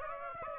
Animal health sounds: mosquito wingbeat signal from an infrared sensor; Aedes aegypti

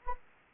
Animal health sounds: mosquito wingbeat signal from an infrared sensor; Anopheles arabiensis

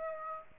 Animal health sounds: mosquito wingbeat signal from an infrared sensor; Aedes aegypti

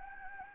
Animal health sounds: mosquito wingbeat signal from an infrared sensor; Anopheles gambiae

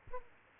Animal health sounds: mosquito wingbeat signal from an infrared sensor; Aedes aegypti

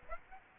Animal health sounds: mosquito wingbeat signal from an infrared sensor; Aedes aegypti

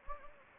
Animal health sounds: mosquito wingbeat signal from an infrared sensor; Anopheles gambiae

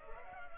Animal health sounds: mosquito wingbeat signal from an infrared sensor; Culex pipiens

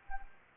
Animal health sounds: mosquito wingbeat signal from an infrared sensor; Anopheles arabiensis

